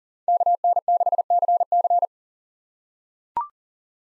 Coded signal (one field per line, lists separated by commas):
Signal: Morse code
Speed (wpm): 40 wpm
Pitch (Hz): 700 Hz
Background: none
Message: KN6CC